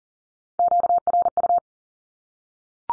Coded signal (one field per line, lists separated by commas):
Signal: Morse code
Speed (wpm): 40 wpm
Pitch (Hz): 700 Hz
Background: none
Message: QRU